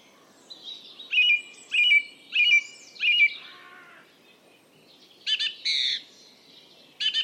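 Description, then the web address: Bird calls: four clear, slurred notes in a row, a lower rasping note, then harsh, buzzy high calls and a final chirp. "Bird Only"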